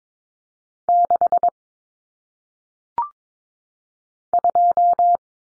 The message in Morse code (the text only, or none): 6 2